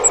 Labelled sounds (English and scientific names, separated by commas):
Grace's Warbler (Setophaga graciae) flight call